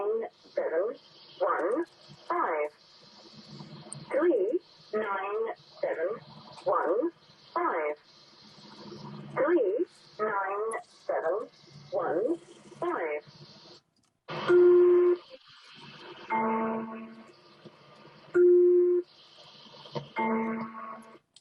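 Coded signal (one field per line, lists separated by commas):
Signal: numbers station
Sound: a voice reading about fourteen short evenly spaced words, then a few steady musical notes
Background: radio static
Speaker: perhaps in the old days of shortwave listening you might remember something like this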